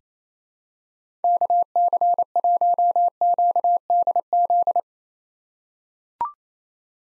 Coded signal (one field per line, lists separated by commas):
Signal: Morse code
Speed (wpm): 28 wpm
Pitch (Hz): 700 Hz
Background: none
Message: KC1QDZ